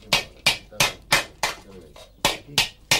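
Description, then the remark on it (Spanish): In a traditional forge, a hammer strikes a blacksmith's anvil set on a solid wooden trunk about eight times in a steady, brisk rhythm, each blow a sharp, bright metallic clang, with a short pause before the final three strikes. “El yunque se asienta sobre un sólido tronco de madera que evita gran parte de la vibración y amortigua el ruido de los golpes”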